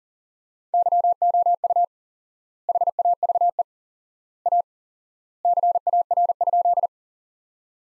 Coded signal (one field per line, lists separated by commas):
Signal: Morse code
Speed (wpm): 37 wpm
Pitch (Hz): 700 Hz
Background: none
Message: YOU HAVE A CAR?